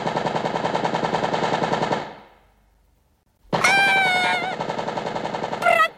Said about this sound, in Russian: Пулемет забился в ее руке, словно хотел вырваться. Он бил в ладони, и его удары отдавались в плечах.